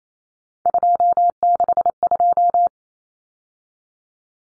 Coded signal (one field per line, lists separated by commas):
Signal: Morse code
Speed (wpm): 28 wpm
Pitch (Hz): 700 Hz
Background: none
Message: 262